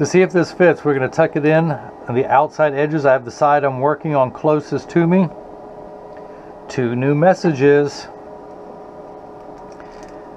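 A freshly cut prescription lens, a Transitions XTRAactive lens with blue flash mirror, is lined up in an Oakley Pitchman R Carbon plastic sunglass frame and tucked in at the outside edge, ready to be pressed down at the nose side. Someone talks through most of the clip over a steady low hum. The lens has not snapped into the frame yet.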